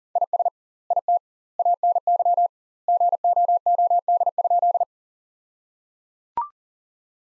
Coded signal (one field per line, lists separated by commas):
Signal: Morse code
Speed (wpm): 37 wpm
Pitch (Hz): 700 Hz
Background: none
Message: IS IT ANY GOOD?